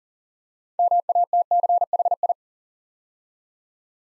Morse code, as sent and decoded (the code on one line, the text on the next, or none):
-- .- - -.-. .... ..
MATCHI